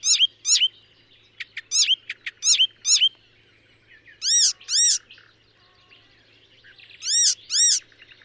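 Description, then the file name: Icterine warbler song: loud ringing notes, often in pairs, separated by pauses with softer chatter. "Hypolais icterine"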